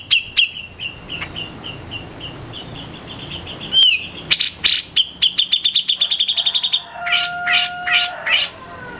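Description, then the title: Grey-cheeked Bulbul song: spaced high chips building into a rapid repeated series, followed by a few downslurred notes and a steady faint tone. "Cucak Jenggot -RESING"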